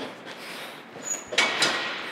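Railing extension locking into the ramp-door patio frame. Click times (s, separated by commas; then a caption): 1.4 s. A fold-out railing extension on the ramp-door patio of a 2023 XLR Boost 27XLRX toy hauler is pushed out until it locks into the patio frame. A soft rubbing slide leads into a sharp, bright hit at 1.4 s, followed by a smaller knock around 1.6 s. The railing section is locked in place.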